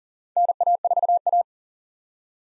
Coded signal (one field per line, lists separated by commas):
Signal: Morse code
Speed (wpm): 40 wpm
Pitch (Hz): 700 Hz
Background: none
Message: NA4A